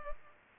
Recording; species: mosquito wingbeat signal from an infrared sensor; Culex pipiens